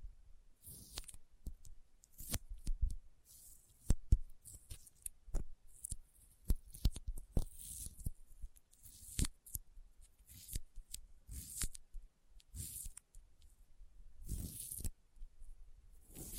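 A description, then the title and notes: Sticky finger sounds fill the sixteen seconds: quick wet clicks and peeling smacks as skin pulls apart, arriving irregularly several times a second. Bursts of bright crackle and hiss rise and fade between the sharper snaps, with a faint low rumble underneath. ASMR Intense Sticky Finger Sounds (No Talking).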